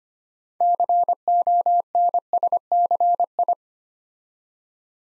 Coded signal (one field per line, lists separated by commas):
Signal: Morse code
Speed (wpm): 25 wpm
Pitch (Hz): 700 Hz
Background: none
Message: CONSCI